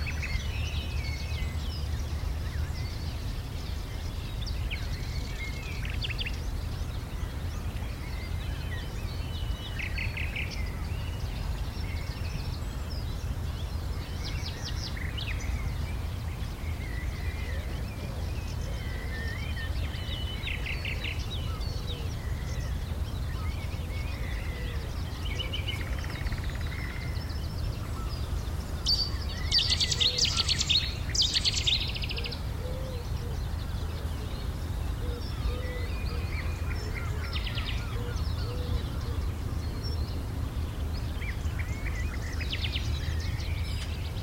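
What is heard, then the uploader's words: A nightingale sings from willows, with short bright phrases and whistles scattered through the clip, loudest in a rich burst around thirty seconds. A steady low rumble of wind or traffic runs underneath throughout. For the last three years nightingales have been singing from the willows at the pits near to Rye Harbour village. This morning I could only hear one.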